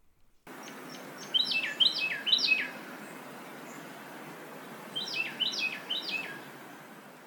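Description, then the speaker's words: Carolina Wren song, two bursts of several ringing downslurred phrases separated by a pause, over faint background hiss. Tea kettle song given only by the male to deter rival males from his territory; he may sing up to four hours a day. "Some are well recognized, like their famous tea kettle, tea kettle, tea kettle song."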